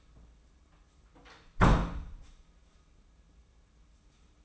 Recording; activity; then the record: daily activity, microphone in the room; close door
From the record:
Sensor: 1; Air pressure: 994.4 hPa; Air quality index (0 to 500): 215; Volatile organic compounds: 1000 ppm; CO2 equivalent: 7735 ppm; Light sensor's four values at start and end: 131/298/135/151 and 134/304/137/154